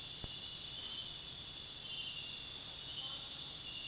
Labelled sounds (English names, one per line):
none